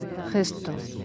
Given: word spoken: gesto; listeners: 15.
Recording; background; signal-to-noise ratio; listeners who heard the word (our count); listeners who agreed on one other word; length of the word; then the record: one Spanish word in noise, from a listening test; eight-talker babble; 6.8 dB; 4 of 15; 11 of 15; 0.65 s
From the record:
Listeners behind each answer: 11, 4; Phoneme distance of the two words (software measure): 7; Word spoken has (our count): 2 syllables, 5 phonemes, stress on syllable 1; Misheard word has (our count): 2 syllables, 6 phonemes, stress on syllable 1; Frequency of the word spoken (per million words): 71.08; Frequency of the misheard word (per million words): 25.65